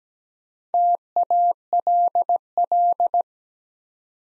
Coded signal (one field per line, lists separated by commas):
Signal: Morse code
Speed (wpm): 17 wpm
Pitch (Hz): 700 Hz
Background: none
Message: TALL